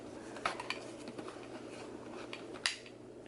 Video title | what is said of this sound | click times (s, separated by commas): Amazon Cordless Onson Vacuum - PRODUCT REVIEW | snap this one in place | 2.7 s